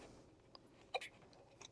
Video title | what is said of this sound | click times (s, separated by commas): Installing the Resideo LTE-IV On A VISTA P-Series System | click. You're going to hear a little click when you pop it in place. | 1.0 s